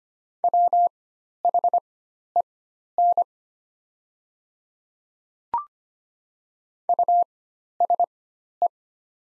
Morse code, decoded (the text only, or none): WHEN USE